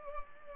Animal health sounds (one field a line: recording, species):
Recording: mosquito wingbeat signal from an infrared sensor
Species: Culex pipiens